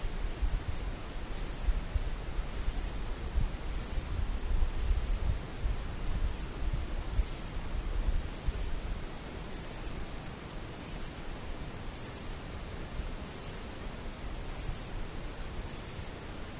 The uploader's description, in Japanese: 無音たまにセミムシ